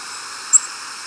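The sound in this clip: Tennessee warbler call: a single very high, thin, brief note over steady hiss.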